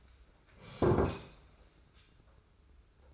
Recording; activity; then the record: daily activity, microphone in the room; sit down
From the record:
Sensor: 2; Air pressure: 991.5 hPa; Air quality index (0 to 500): 170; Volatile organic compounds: 1000 ppm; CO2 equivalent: 5475 ppm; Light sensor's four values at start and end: 25/80/31/30 and 27/84/33/31